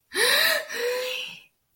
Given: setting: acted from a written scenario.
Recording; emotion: vocal sound without words; positive surprise